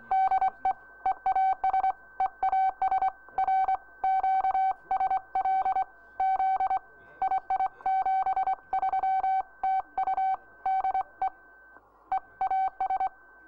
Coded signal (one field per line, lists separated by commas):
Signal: Morse code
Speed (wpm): 24 wpm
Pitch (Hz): 760 Hz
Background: none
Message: DE EAS EAS R QSL Z II 73 TU DE EAS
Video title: QRT 500 - The Close Down of 500 kHz in the United Kingdom -